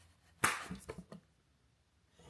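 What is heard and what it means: The tightening dial on a cycling shoe is popped back in to lock it, giving a sharp click at 0.5 seconds. Two fainter ticks follow at about 0.9 and 1.1 seconds before it goes quiet. The dial is seated and locked.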